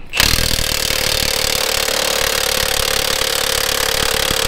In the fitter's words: I think it's tight. I didn't hear it click.